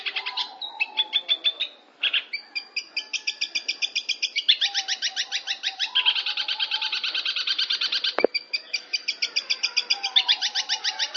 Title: Cendet Pentet